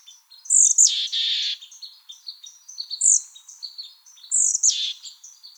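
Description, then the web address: Mexican chickadee calls: three high, buzzy bursts, each starting with a sharp high note, separated by soft twittering. "Chickadees Allies AZFO MECH CALLS deviche"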